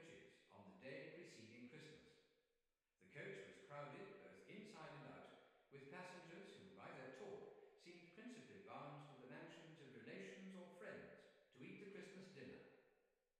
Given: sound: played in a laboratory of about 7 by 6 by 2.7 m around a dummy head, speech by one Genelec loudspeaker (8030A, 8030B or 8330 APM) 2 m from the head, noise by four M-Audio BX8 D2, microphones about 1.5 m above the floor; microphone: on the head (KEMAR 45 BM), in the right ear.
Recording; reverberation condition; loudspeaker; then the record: male speech in English; high; 90 degrees to the left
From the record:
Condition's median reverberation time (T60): about 1300 ms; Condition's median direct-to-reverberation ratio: about -4.0 dB